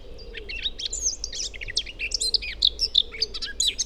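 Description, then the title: Eurasian blackcap song: a rich, fast warbling run of varied whistled and scratchy notes, continuous for several seconds, over a low steady rumble. Blackcaps recorded on a wide drivable track in the heart of Forêt de Chautagne, Serrières-en-Chautagne, France; forest near several roads; stereo parabola microphone with Zoom H4n Pro recorder. "Forêt de Chautagne - Serrières-en-Chautagne, France - Fauvette à tete noire"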